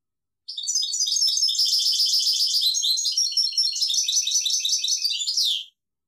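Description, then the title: European goldfinch singing one long, fast, liquid twitter of high chirps and trills lasting about five seconds, ending on a falling slurred note, with nothing else audible. "Chant Chardonneret"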